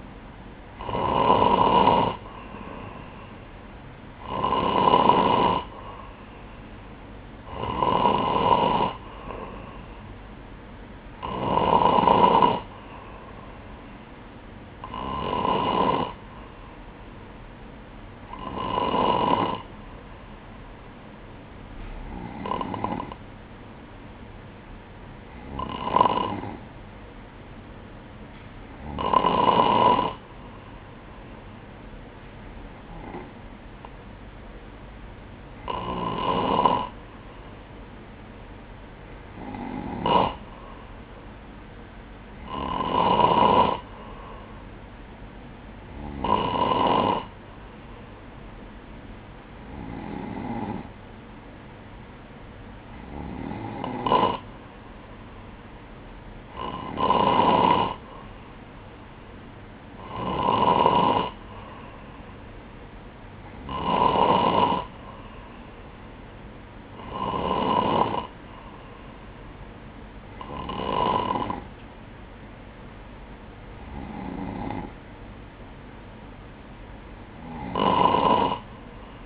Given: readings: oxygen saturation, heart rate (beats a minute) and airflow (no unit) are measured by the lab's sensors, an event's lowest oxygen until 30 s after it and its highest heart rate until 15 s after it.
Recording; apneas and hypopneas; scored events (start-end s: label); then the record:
breathing in sleep by a voice recorder at the bedside; none
none scored
From the record:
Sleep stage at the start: N2 (light sleep); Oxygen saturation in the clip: 94 to 96%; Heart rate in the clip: 58 to 64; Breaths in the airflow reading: 23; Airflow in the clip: -4.2 to 5.1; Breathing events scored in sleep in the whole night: 180 in 6.7 hours asleep